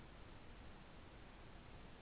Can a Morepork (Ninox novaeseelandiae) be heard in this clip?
no